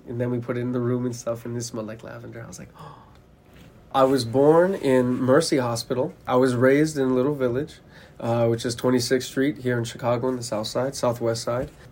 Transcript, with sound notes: And then we put it in the room and stuff, and it smelled like lavender. I was like [in-breath] I was born in Mercy Hospital. I was raised in Little Village, ah, which is 26th Street, here in Chicago on the south side, southwest side.